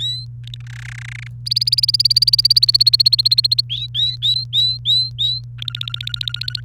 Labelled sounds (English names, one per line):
Domestic Canary song